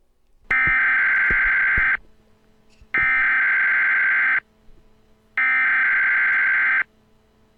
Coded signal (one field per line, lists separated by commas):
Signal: Emergency Alert System (SAME) tones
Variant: header bursts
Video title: EAS Gets Interrupted by the EAS